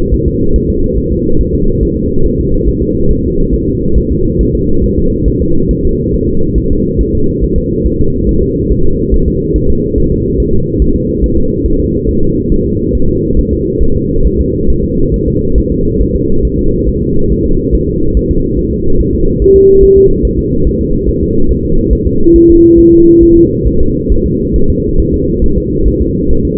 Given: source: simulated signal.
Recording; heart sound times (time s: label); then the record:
fetal heart sounds
0.14 s: S1
0.28 s: S2
0.56 s: S1
0.70 s: S2
0.98 s: S1
1.12 s: S2
1.41 s: S1
1.55 s: S2
1.83 s: S1
1.97 s: S2
2.26 s: S1
2.40 s: S2
2.68 s: S1
2.83 s: S2
3.11 s: S1
3.25 s: S2
3.54 s: S1
3.69 s: S2
3.98 s: S1
4.12 s: S2
4.41 s: S1
4.55 s: S2
4.84 s: S1
4.98 s: S2
5.28 s: S1
5.42 s: S2
5.71 s: S1
5.85 s: S2
6.14 s: S1
6.28 s: S2
6.58 s: S1
6.72 s: S2
7.01 s: S1
7.15 s: S2
7.44 s: S1
7.58 s: S2
7.87 s: S1
8.00 s: S2
8.29 s: S1
8.43 s: S2
8.72 s: S1
8.86 s: S2
9.14 s: S1
9.28 s: S2
9.56 s: S1
9.70 s: S2
9.98 s: S1
10.12 s: S2
10.40 s: S1
10.54 s: S2
10.82 s: S1
10.96 s: S2
11.24 s: S1
11.38 s: S2
11.66 s: S1
11.80 s: S2
12.09 s: S1
12.23 s: S2
12.52 s: S1
12.66 s: S2
12.95 s: S1
13.09 s: S2
13.39 s: S1
13.53 s: S2
13.83 s: S1
13.97 s: S2
14.27 s: S1
14.41 s: S2
14.70 s: S1
14.84 s: S2
15.14 s: S1
15.28 s: S2
15.58 s: S1
15.72 s: S2
16.01 s: S1
16.16 s: S2
16.45 s: S1
16.59 s: S2
16.89 s: S1
17.03 s: S2
17.32 s: S1
17.46 s: S2
17.75 s: S1
17.89 s: S2
18.17 s: S1
18.31 s: S2
18.59 s: S1
18.73 s: S2
19.00 s: S1
19.15 s: S2
19.42 s: S1
19.56 s: S2
19.83 s: S1
19.97 s: S2
20.25 s: S1
20.39 s: S2
20.67 s: S1
20.81 s: S2
21.09 s: S1
21.23 s: S2
21.51 s: S1
21.65 s: S2
21.93 s: S1
22.07 s: S2
22.36 s: S1
22.50 s: S2
22.79 s: S1
22.93 s: S2
23.23 s: S1
23.37 s: S2
23.67 s: S1
23.81 s: S2
24.12 s: S1
24.26 s: S2
24.56 s: S1
24.70 s: S2
25.00 s: S1
25.14 s: S2
25.44 s: S1
25.58 s: S2
25.88 s: S1
26.02 s: S2
26.31 s: S1
26.45 s: S2
From the record:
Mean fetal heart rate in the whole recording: 140 bpm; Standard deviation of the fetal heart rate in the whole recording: 2 bpm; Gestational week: 34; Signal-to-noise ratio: -17.7 dB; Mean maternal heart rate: 72 bpm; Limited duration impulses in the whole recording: present